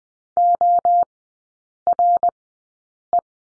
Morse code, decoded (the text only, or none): ORE